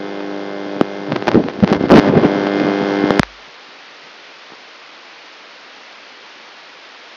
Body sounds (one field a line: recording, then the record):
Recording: brain microelectrode recording played as sound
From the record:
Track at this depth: outside the subthalamic nucleus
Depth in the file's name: -1.509 mm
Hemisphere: right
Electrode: 3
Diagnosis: Parkinson's disease